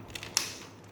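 A plastic combiner part is pressed home into the combined Transformers Combiner Wars Devastator robot toy. A faint tick at 0.1 s is followed by a sharp, bright snap at 0.4 s that fades into a short ringing tail, and the part is seated in place.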